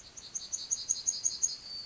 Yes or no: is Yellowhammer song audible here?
yes